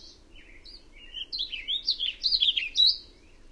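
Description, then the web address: Warbling vireo giving a rapid rambling warble of twisting slurred notes that grows louder toward the end. "Songs of Birds of North America Know Your Bird Sounds Common Western Species. Warbling Vireo"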